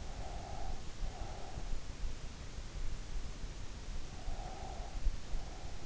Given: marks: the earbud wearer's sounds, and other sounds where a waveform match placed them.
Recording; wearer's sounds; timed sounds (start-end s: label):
sounds in sleep by an in-ear microphone; breath
0.14-1.76 s: breath
4.22-5.86 s: breath